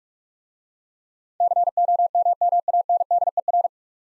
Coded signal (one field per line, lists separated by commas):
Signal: Morse code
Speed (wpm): 42 wpm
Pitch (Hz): 700 Hz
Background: none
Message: COMMANDER